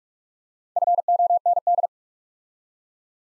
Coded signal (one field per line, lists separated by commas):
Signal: Morse code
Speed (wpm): 44 wpm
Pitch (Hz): 700 Hz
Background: none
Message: FOND